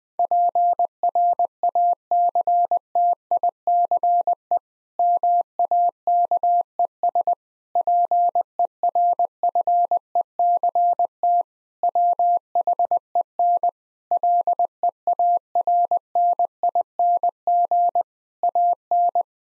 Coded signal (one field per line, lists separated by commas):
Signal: Morse code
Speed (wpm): 20 wpm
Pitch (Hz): 700 Hz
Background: none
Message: PRACTICE MAKES PERFECT WHEN LEARNING AN